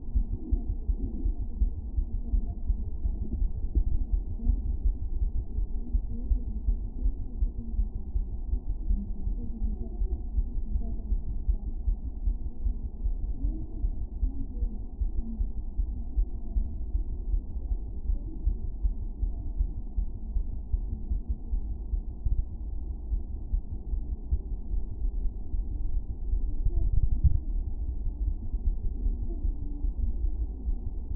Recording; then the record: fetal heart sounds by stethoscope on the mother's abdomen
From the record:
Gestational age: 39 weeks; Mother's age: 27 years